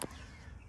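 After a new cabin air filter is fitted in a Hyundai Sonata, the glove box is swung back up and its small damper latch arm is pushed back into its mount on the side of the glove box. A single sharp snap at 0.0 s shows the latch has seated, followed by a low, steady background hum.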